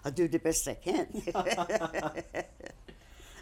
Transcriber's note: they laugh